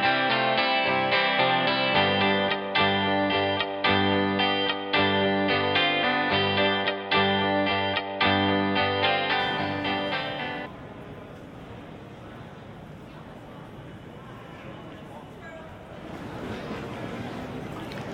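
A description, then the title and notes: Philly airport sound: for the first ten seconds a loud, sustained, distorted tone plays with a regular pulsing beat. It cuts off abruptly, leaving a quieter, steady murmur of voices and hall noise that grows slightly brighter near the end. Binaural sounds of Philly airport. Between flights.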